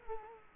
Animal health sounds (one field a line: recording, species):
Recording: mosquito wingbeat signal from an infrared sensor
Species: Culex quinquefasciatus